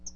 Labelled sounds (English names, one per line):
Hooded Warbler flight call